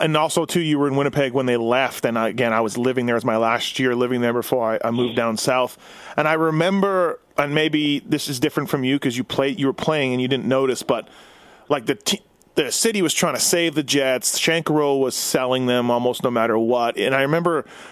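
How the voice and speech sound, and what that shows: A man speaks fluently in a clear, ordinary voice at a relaxed conversational pace, with brief natural pauses.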